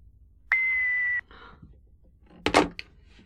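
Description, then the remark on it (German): A single steady electronic answering machine beep, after which there are 30 seconds to record a comment, holds one pitch for under a second and cuts off, followed by faint rustling and a couple of loud clunks, as of a handset being handled. “Wenn Sie meinen Worten noch einen Kommentar hinzufügen möchten, haben Sie nach dem Summton 30 Sekunden Zeit.”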